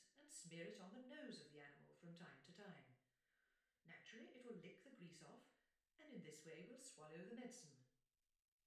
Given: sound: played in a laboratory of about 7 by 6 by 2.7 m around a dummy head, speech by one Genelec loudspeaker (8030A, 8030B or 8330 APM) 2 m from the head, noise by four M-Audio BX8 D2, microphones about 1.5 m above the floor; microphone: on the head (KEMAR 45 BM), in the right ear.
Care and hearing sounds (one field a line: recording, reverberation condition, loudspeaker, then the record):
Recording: female speech in English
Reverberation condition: medium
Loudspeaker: 30 degrees to the left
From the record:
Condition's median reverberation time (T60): about 510 ms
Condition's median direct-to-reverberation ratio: about -0.5 dB